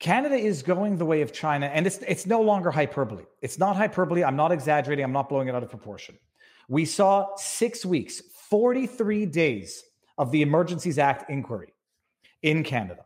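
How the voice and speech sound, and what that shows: One adult man speaks in a fluent, emphatic monologue at a moderate pace, with short pauses between phrases. His voice is clear and steady, with normal pitch variation and no hoarseness, repetitions or slurring. This is ordinary speech.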